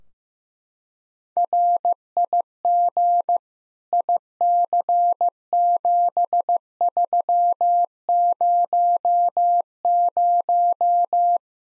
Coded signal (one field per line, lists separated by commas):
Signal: Morse code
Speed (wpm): 15 wpm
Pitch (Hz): 700 Hz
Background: none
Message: RIG IC7300